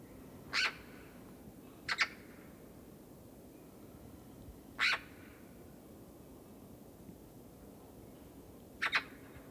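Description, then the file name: Eurasian magpie harsh calls, four rasping bursts, some doubled, spaced unevenly over nine seconds against a constant low background hum. "Pica pica"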